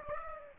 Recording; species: mosquito wingbeat signal from an infrared sensor; Aedes aegypti